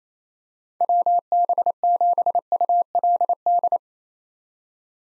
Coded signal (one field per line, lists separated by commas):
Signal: Morse code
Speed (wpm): 28 wpm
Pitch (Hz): 700 Hz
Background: none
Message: WB7ULD